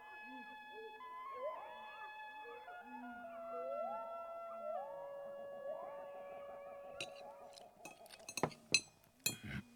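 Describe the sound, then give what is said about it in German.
Glasses clink together in a toast, a quick cluster of sharp, bright chinks near the end, following a stretch of sustained, gliding tonal sounds. “so wollen wir das Glas erheben auf Sir Peer Gynt”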